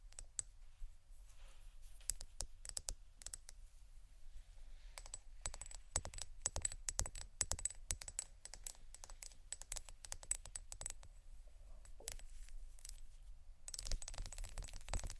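Crystals and quartz pieces clink and tick against each other in a rapid, irregular stream of small, sharp clicks. The clicking grows busier from about six seconds on, with a faint high ringing in the background, and a brighter, denser rattle near the end.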